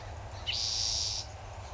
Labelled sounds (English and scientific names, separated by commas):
Spotted Towhee (Pipilo maculatus)